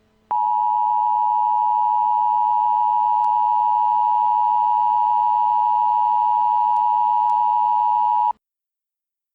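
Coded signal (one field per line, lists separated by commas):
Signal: Emergency Alert System (SAME) tones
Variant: 853 and 960 Hz attention tone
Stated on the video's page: Fictional nuclear attack scenario made for fun; tones may or may not be valid.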